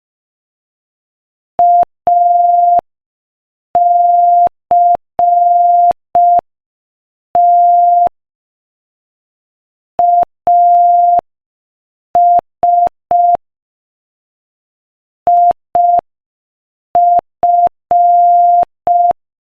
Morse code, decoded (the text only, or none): ACT AS IF